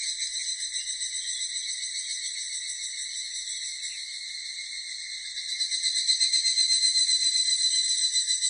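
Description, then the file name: Evening cicada calling in a steady shrill metallic trill with layered high bands, gently pulsing about four times a second and growing louder after five seconds. Recorded 16 July 1997. "970716 higurasi"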